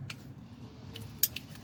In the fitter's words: we go you hear it click you know you're in business